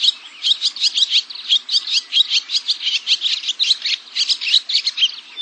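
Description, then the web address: Barn Swallow giving a fast, continuous stream of squeaky twitters and chattering notes with barely a break. "cotor. Barn Swallow"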